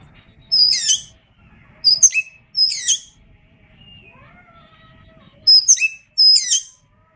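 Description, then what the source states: Oriental magpie-robin giving sharp, scratchy downslurred notes in separate bursts, with a softer lower whistle in the pause and faint background rumble. Indonesian name kacer; described as gacor, meaning singing vigorously.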